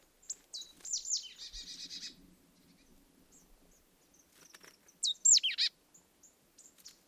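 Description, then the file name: Marsh tit calls: a burst of high downslurred notes running into a buzzy scolding chatter, then after a pause a few more loud sharp high downslurred notes with a brief buzzy tail. "Poecile palustris"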